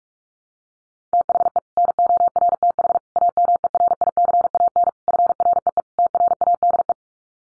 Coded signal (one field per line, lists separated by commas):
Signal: Morse code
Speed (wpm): 44 wpm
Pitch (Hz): 700 Hz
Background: none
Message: THE NORTH AMERICAN FREE TRADE